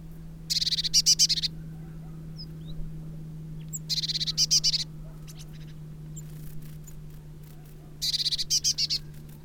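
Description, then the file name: Eurasian blue tit churring three times, each an one-second rattle of quick high notes, with a faint extra chip between bursts and a low steady hum throughout. "Cyanistes caeruleus"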